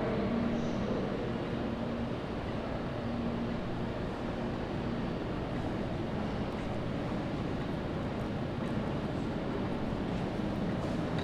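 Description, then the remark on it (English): Airport Concourse C train platform ambience: a steady, dense rumble and hum with a faint low tonal drone, unchanging in loudness throughout, with no clear voices. “Trains to all stations depart from other side of platform.”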